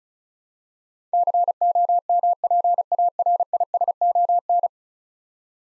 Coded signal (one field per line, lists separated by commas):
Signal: Morse code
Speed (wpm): 36 wpm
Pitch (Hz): 700 Hz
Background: none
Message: COMPARISON